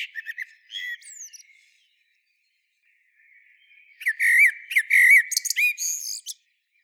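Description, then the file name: Common blackbird calls: a few short squeaky notes, a pause, then a burst of high chattering, warbled phrases. "Turdus merula"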